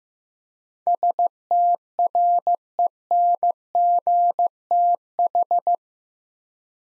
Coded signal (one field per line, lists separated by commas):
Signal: Morse code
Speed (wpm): 15 wpm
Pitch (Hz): 700 Hz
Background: none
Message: STRENGTH